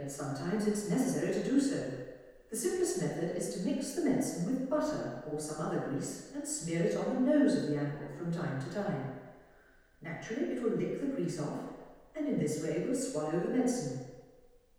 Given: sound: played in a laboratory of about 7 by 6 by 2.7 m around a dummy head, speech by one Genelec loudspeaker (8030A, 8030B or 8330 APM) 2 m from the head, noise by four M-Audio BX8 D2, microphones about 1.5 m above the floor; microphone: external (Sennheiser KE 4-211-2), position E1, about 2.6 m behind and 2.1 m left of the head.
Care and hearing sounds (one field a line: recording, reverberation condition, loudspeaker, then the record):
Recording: female speech in English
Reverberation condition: high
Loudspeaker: in front (0 degrees)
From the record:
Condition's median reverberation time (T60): about 1300 ms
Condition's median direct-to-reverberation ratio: about -4.0 dB